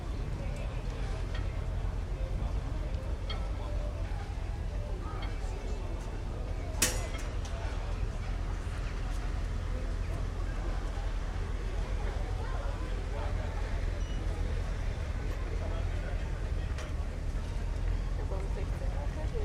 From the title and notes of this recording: Late afternoon at Nagu Strandvagen. On the water, all manner of motor launches, sail- and speedboats slide in and out of audible range. Recorded by Julian Weaver. Day trippers with dogs and ice-creams, amble past others enjoying early suppers in the waterfront restaurants.